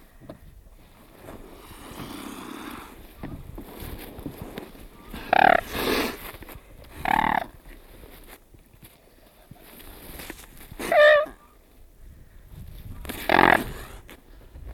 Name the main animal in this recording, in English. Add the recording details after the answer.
Mute Swan. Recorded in the wild. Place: Varnkevitz, Insel Rügen, Mecklenburg-Vorpommern, DE. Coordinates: 54.681, 13.37. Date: 1970-01-29. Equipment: Nagra III BH, Sennheiser MD 421. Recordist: Schubert, Michael